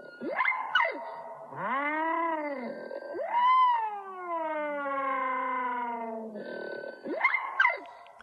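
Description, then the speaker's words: European starling vocalizations played slowed down: deep, sweeping wails and moans with rich harmonics, rising and falling bends, plus quick stacked sweeps at the start and end. Recording slowed down considerably, accentuating the weirdness of the noises; starlings are described as incredible mimics and vocalists. "It is a European starling, but this is a European starling slowed down quite a bit, which accentuates the weirdness of the noises that it's making."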